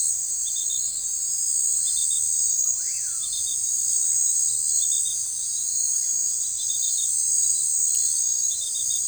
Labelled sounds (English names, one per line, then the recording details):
none
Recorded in forest near Pivijay, Magdalena, Colombia, on 16 April 2023 at 20:00
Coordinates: 10.467, -74.380
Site Z5-G034